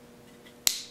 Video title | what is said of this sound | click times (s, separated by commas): Wilson Combat - Complete Disassembly of a 1911 | push your plunger in, pull that out, and just snaps right in to place. | 0.7 s